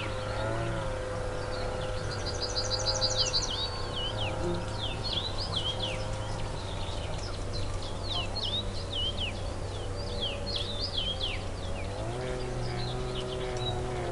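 Woodland birdsong: quick, bright chirps and whistles recur every second or so across the whole stretch, with a rapid high trill around the two-to-four-second mark. Underneath runs a steady low hum with a few droning tones that shift slightly near twelve seconds.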